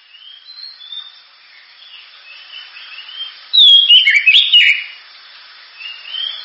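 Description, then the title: Oriental magpie-robin song, a few soft whistled notes then a short loud burst of varied rising and falling whistles around the middle, with quieter phrases before and after. Champion bird's song. "Kicau Burung Kacer Juara"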